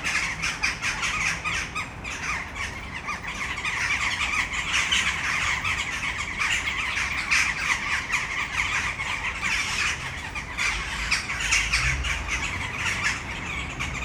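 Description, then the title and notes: Western jackdaws calling from a flock, a dense, continuous chatter of short, sharp, squeaky 'chak' notes overlapping throughout, with faint traffic rumble beneath. Many western jackdaws gathered in one tree, Malinovského náměstí, Brno city centre, Czech Republic, at sunset. "Malinovského nám. 571/1, 602 00 Brno-střed-Brno-město, Česko - Western jackdaws at sunset. A tree full of jackdaws in the city center of Brno"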